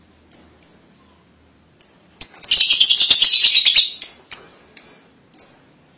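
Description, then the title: Lovebird chirps: short, shrill, high notes spaced apart, then a dense burst of rapid chattering, then more single sharp chirps. "BM Suara Burung Lovebird"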